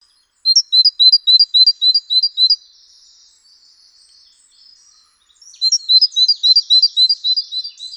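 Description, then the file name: Great tit song: rapid high two-note phrases repeated in a run of about two seconds, a quiet pause with faint twittering, then a second matching run. "Parus major"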